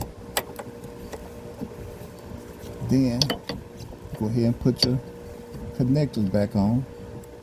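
A fuel line quick connector is handled near the fuel filter (S 1833 B, 6Q0 201 051 C) during its replacement on a 2013 VW Beetle 2.5L, with short sharp handling clicks around 0.4 s and 3.5 s while someone talks. Nothing has seated or snapped home yet.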